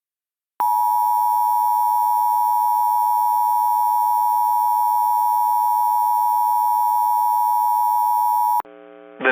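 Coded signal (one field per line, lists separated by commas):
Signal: Emergency Alert System (SAME) tones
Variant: 853 and 960 Hz attention tone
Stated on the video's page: Reenactment mock of a real overnight flash flood warning, simulated with valid EAS tones.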